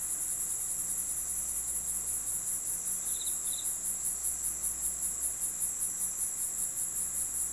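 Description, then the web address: Crickets chirping, a steady high pulsing trill, with a brief pair of soft bird notes partway through. Quiet night ambience in a residential country area, with birds in the background. "country ambience quiet night ambience crickets birds in bg residential"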